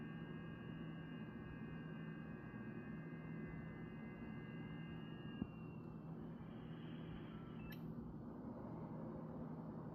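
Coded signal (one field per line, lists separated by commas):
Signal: FT8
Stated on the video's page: FT8 sent and received by an Android app, with rig control and audio over a USB cable.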